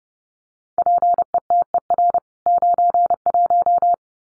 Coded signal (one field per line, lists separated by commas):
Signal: Morse code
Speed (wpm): 30 wpm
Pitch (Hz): 700 Hz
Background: none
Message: PETER 91